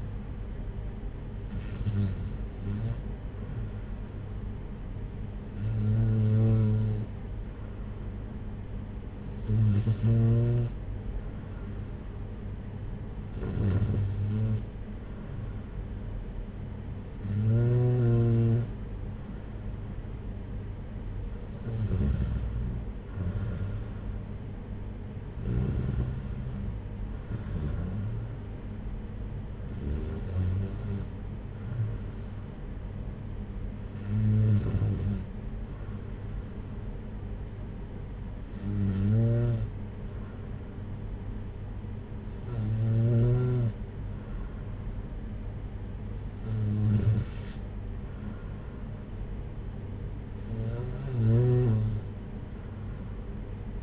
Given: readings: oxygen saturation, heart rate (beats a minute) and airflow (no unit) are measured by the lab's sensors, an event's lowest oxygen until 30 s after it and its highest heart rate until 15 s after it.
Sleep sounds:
breathing in sleep by a smartphone at the bedside; none
none scored
From the record:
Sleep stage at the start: N2 (light sleep); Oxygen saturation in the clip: 93 to 94%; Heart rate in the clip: 56 to 62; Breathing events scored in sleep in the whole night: 226 in 8.8 hours asleep

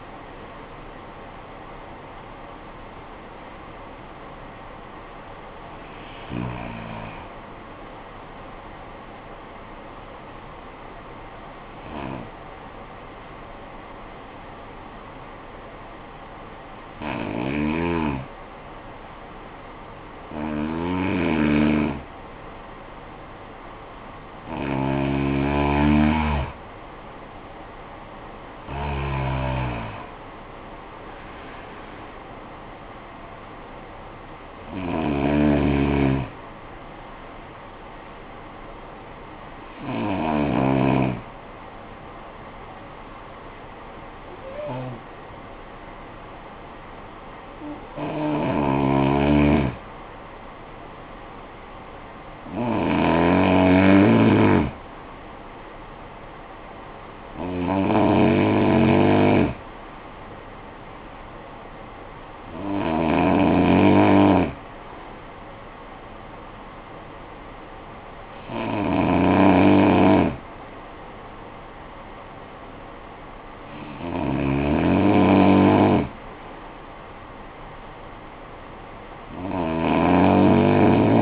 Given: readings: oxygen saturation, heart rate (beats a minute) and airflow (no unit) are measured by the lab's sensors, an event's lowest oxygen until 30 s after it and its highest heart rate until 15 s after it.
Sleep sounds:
breathing in sleep by a voice recorder at the bedside; 2
9.00-24.60 s: hypopnea (N1, oxygen 96% highest, then 90% lowest, heart rate 60 at the start, 60 highest)
41.00-54.20 s: hypopnea (N1, oxygen 95% highest, then 91% lowest, heart rate 49 at the start, 54 highest)
55.00-81.22 s: new sleep stage, N2 (light sleep)
From the record:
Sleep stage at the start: N1 (lightest sleep); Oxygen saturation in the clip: 87 to 96%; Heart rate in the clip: 47 to 94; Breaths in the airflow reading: 17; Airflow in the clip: -16.9 to 16.8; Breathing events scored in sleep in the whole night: 445 in 7.6 hours asleep

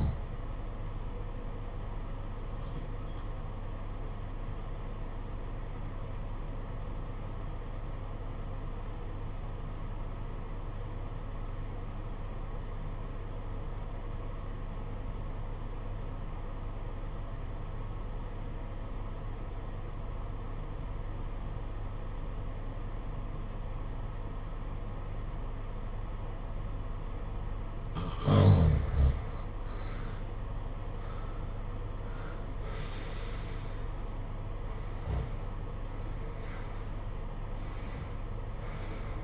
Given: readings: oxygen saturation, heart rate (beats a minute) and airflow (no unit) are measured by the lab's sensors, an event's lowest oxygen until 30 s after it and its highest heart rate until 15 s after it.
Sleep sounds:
breathing in sleep by a smartphone at the bedside; 1
5.00-39.23 s: new sleep stage, REM sleep
6.00-30.30 s: obstructive apnea (REM, oxygen 94% highest, then 78% lowest, heart rate 57 at the start, 76 highest)
From the record:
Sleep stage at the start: N1 (lightest sleep); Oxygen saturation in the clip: 81 to 94%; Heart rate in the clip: 54 to 76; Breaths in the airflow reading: 7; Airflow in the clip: -15.1 to 13.8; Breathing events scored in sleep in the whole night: 476 in 9.7 hours asleep

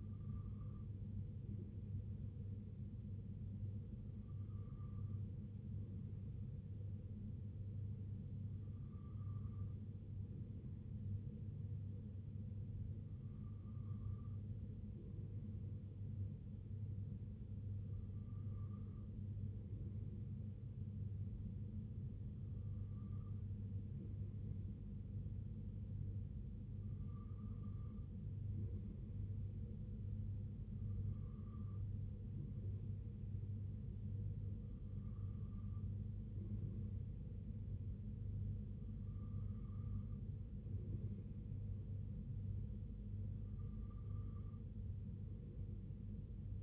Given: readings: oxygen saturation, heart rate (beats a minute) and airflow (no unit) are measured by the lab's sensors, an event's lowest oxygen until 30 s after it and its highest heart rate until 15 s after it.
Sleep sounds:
breathing in sleep by a smartphone at the bedside; none
none scored
From the record:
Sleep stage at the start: N2 (light sleep); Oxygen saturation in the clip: 94 to 95%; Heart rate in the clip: 61 to 66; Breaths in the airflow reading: 11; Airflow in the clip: -2.9 to 2.1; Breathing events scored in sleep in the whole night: 258 in 7.4 hours asleep

